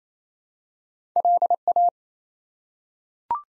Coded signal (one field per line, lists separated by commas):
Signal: Morse code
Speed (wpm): 28 wpm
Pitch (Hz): 700 Hz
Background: none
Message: LA